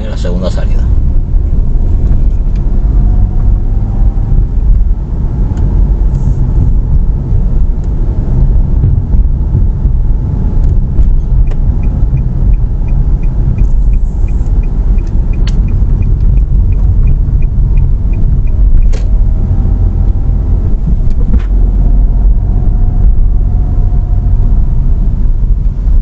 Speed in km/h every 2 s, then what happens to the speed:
21, 28, 29, 30, 28, 27, 27, 26, 20, 21, 24, 22, 19.
0-2 speeds up to 28. 2-26 slows to 19.